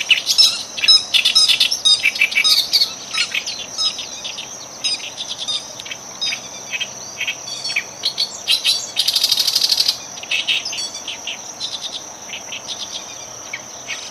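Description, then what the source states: Oriental reed warbler singing loud grating, rapid chattering phrases, busiest early on, with a brief dense buzzy burst about two-thirds of the way through over a constant high-pitched drone. Recorded 12 June 2011.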